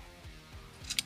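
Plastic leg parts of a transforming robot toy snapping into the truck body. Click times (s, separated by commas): 1.0 s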